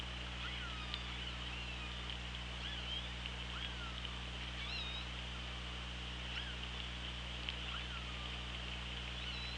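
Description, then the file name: Killer whale calls: soft downsweeping tonal notes repeated several times, with faint clicks, beneath persistent hiss and a steady low hum. OrcaLab hydrophone at Cracroft Point, 24 August 2017, 16:36. "Orca Lab 20170824 163613 CP"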